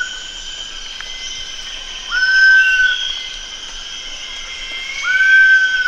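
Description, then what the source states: Giant pitta calling: two drawn-out whistles, each about a second long, sliding up then holding level, about three seconds apart, over a steady high background drone. Recorded at Danum on 1 August 2009.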